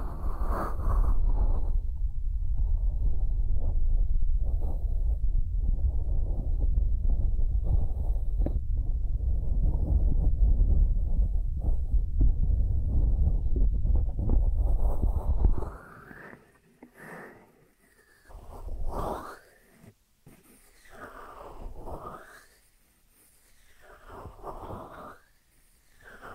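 Dry hands rubbing together make a dense, steady rasping swish for the first fifteen seconds, heavy in the low end. Then the sound thins out into separate slower strokes and soft brushing sweeps, with brief quiet gaps between them.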